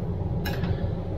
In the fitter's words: push it again and it locks in place